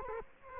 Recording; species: mosquito wingbeat signal from an infrared sensor; Culex quinquefasciatus